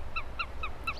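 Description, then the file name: Eurasian sparrowhawk making four clipped, nasal kew notes at a steady pace over a steady low hum. "sparrowhawk"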